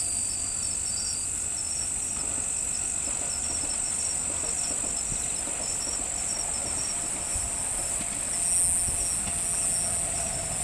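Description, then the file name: Cricket chorus with continuous high trilling and fainter chirps, over a low background rumble and faint tonal hums. "crikets"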